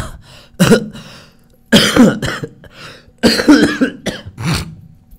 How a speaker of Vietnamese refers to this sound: Tự nhiên ho quá. Điều hòa lạnh.